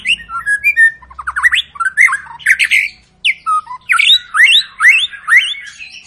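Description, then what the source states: White-rumped shama pouring out loud, rapid rising whistles in quick rhythmic bursts, with trilled runs and chirps throughout. Long lure song of an actively singing (gacor) bird, used to make birds sing.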